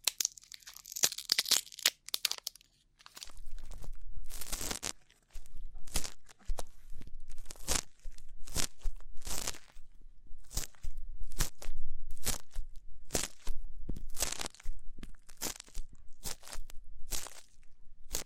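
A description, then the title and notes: Rough ear cleaning makes dense scratchy rustling and crinkling, with frequent sharp crunchy scrapes and a low rumble throughout, brief pauses between. ASMR Rough Ear Cleaning (No Talking).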